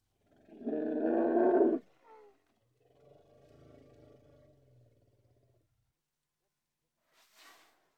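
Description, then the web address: Indian elephant vocalizing: a loud, gravelly roar lasting over a second, a brief squeak, then a soft low rumble and a faint short call near the end. Two Indian elephants in the Indian countryside. "BBC Sound Effects Library. India Pakistan Nepal. Two Indian Elephants"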